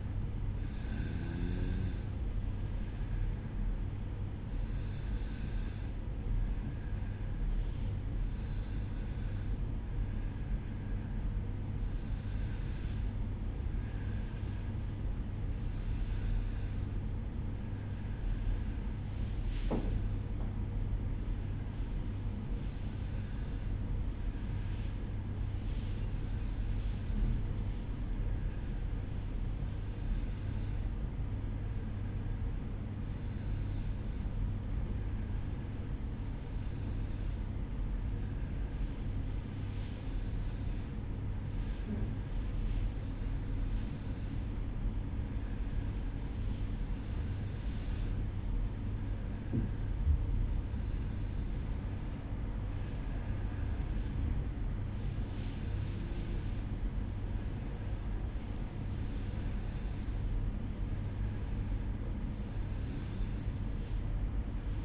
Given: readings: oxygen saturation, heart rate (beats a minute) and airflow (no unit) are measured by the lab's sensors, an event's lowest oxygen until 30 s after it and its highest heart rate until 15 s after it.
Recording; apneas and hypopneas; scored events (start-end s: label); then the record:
breathing in sleep by a smartphone at the bedside; 1
15.00-52.10 s: hypopnea (N2, oxygen 94% highest, then 93% lowest, heart rate 63 at the start, 63 highest)
From the record:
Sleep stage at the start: N2 (light sleep); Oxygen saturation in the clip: 92 to 94%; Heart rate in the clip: 56 to 63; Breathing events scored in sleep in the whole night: 305 in 9.6 hours asleep